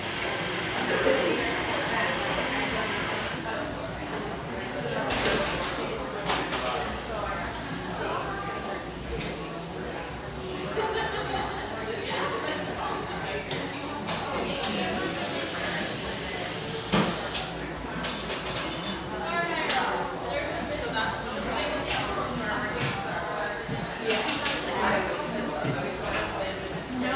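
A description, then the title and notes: Pearl District in Portland, Oregon: steady murmur of overlapping voices, with sharp clinks and clatters of dishes recurring throughout, loudest near seventeen seconds. Pearl District, Portland, Oregon.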